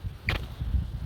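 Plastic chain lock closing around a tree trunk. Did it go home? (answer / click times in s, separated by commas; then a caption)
yes / 0.3 s. A reusable plastic chain lock wrapped around a potted tree trunk is pulled a few notches tight and turned to lock. A sharp click at 0.3 s shows it locking shut over low rumbling background noise.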